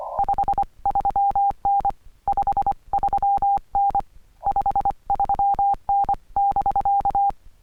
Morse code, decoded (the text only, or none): 53N 53N 53N <BK>